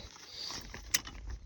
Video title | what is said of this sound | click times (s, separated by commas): Ozzi Gear Outdoor Chair *REAL* Unboxing and Review | So that's that one clicked. | 1.0 s